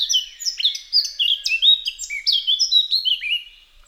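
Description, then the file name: Eurasian blackcap song, a bright, rapid warble of clear fluty notes that tumble up and down, fading out near the end. "Sylvia atricapilla"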